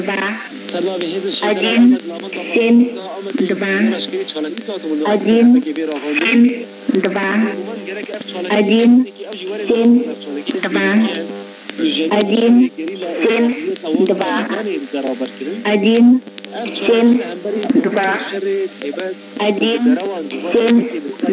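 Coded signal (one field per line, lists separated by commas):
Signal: numbers station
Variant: S06s, Russian female voice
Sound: a woman's voice speaking steadily in short spoken groups with brief pauses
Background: radio static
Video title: 20 05 2021 Number station S06s Russian Lady in Russian to Eu 0730 on 11530 unknown tx site in CUSB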